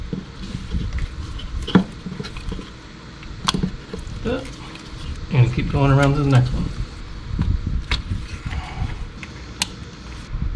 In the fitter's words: give it a good push until it clicks and keep